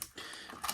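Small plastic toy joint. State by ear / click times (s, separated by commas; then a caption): seated / 0.0 s, 0.6 s. A plastic leg joint on a Jurassic World Dino Trackers Sinotyrannus dinosaur action figure is rotated until it locks into its base standing pose. Two sharp clicks are heard at 0.0 s and 0.7 s, and the leg is seated in its locked detent.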